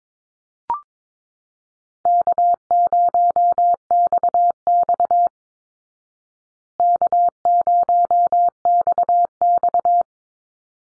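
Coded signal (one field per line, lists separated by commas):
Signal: Morse code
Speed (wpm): 22 wpm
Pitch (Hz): 700 Hz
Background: none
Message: K0XX K0XX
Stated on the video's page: Morse code callsign drill at 22 wpm for head-copy practice, each easy 1x2 or 2x1 callsign sent twice, spoken, then sent again.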